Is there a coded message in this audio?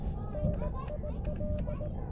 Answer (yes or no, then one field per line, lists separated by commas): yes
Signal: Morse code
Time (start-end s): 0.3-1.9 s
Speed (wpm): 18 wpm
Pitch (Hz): 600 Hz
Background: speech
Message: NIL